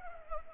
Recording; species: mosquito wingbeat signal from an infrared sensor; Culex pipiens